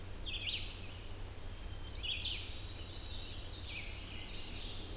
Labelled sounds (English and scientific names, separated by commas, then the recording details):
Red-eyed Vireo (Vireo olivaceus) song
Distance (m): 25 m
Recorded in boreal forest in Alberta, Canada, on 21 June 2016 at 06:04
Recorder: SongMeter 3, array SBT-6-81
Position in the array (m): 45 m, 210 m